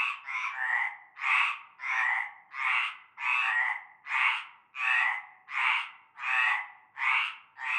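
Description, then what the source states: Croaking frogs calling together, a regular train of raspy, buzzing notes repeated about every two-thirds of a second, quiet background. Chorus of frogs in a large concrete basin holding stagnant greenish water, heard from nightfall, La Ciotat, Bouches-du-Rhône, Provence, France.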